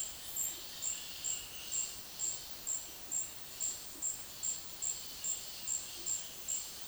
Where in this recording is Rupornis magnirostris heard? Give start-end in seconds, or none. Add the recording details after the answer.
0.00-2.12, 4.68-6.87. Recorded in dense forest near Puerto Asís, Putumayo, Colombia, on 21 February 2024 at 10:30. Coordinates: 0.502, -76.326. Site G6460